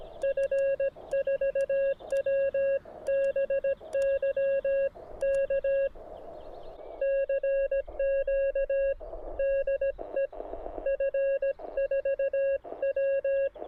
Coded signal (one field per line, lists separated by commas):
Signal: Morse code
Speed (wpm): 17 wpm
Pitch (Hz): 550 Hz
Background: radio noise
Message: F4WBY K CQ DE F4W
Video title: I Found an Unbuilt Elecraft K1 Radio Kit!